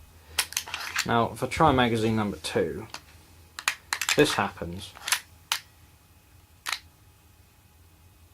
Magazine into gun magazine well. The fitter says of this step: if you shove it'll stay there as you can see the release has to have a bit of a shove it just will not click in place